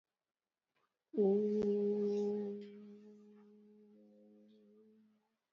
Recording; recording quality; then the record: sustained vowel as in boot; excellent, no background noise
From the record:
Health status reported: recovered from COVID-19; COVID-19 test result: positive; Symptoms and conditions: cough, fever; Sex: female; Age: 54 years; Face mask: not worn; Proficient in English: yes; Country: India